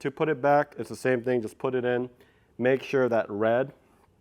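Someone talks while reinstalling the side repeater camera of a Model 3 Highland into its car fender housing, with the red locking tab of the side camera connector meant to be pushed fully in. Only speech is heard. Nothing has seated or clicked yet.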